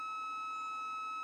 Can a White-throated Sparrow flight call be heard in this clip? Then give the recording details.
no. No flight call is heard. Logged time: 21:46 on 30 November 2014